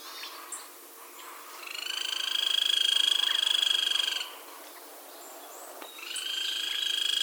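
Grey-crowned woodpecker giving two high, buzzy pulsed trills, the first lasting over two seconds and the second beginning near the end.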